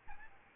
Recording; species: mosquito wingbeat signal from an infrared sensor; Aedes albopictus